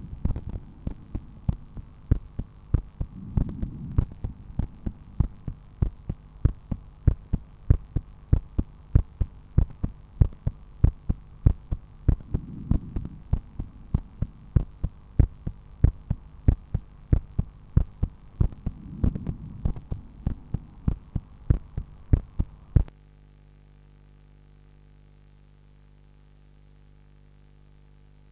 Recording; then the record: heart sounds by stethoscope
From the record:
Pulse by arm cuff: 96 bpm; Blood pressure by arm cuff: 119/82 mmHg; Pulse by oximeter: 95 bpm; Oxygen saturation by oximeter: 97%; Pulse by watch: 96 bpm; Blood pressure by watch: 132/86 mmHg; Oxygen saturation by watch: 96%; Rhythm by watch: sinus rhythm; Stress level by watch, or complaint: low stress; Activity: after 10 min smoking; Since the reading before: plus 6000 steps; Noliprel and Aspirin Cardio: after pills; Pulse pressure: 37 mmHg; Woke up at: 7:30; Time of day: 19:43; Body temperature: 36.5 C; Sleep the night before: 8 h 32 min, score 78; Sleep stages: REM 32%, light 50%, deep 12%, awake 6%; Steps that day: 9500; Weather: sunny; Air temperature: 22.6 C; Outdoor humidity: 65%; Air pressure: 1013 hPa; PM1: 8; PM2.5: 13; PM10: 19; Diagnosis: hypertension, treated with Noliprel and Aspirin Cardio 100 mg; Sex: male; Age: 53 years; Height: 174 cm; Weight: 81 kg